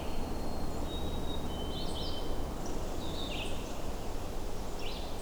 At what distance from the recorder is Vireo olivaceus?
about 60 m